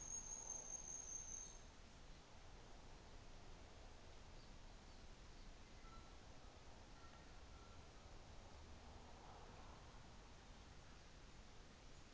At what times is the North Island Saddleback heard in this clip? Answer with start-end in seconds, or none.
none